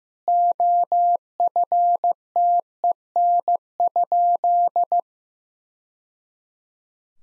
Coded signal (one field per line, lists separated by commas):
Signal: Morse code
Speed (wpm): 15 wpm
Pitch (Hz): 700 Hz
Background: none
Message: OFTEN?